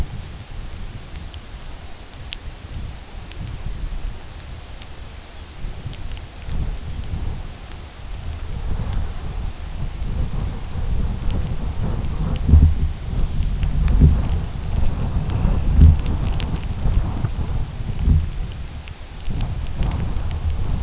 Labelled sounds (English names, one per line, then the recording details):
Lapland Longspur
Semipalmated Sandpiper
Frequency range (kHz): Lapland Longspur 3.1-4.3 kHz; Semipalmated Sandpiper 2.2-3.1 kHz
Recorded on Arctic tundra, site UTQI-2, on 17 June 2019
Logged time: 08:00